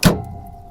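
After a failed first try, a latch on an engine compartment part of a Cat skid steer, fitted with a Yanmar engine in place of a Perkins 3034, is pushed harder and snaps shut. One loud, sharp snap sounds at 0.03 s, followed by a faint low ringing decay. The latch catches and is seated.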